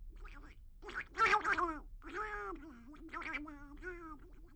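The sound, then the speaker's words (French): A duck quacks in a run of raspy, nasal calls, a loud buzzy burst at the start followed by several steadier, wavering honks of moderate pitch, with no talking. “C'est le canard qui chante.”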